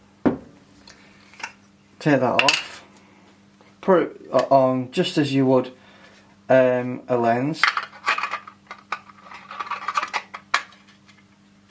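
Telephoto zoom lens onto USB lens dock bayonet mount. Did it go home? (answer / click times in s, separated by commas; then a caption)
yes / 10.5 s. Someone talks while a 150-600mm F5-6.3 telephoto zoom lens is twisted onto the bayonet mount of a Tamron Tap Console USB lens dock, just like mounting a lens on a camera, with light handling clatter. The lens locks into place with a sharp click at 10.5 s.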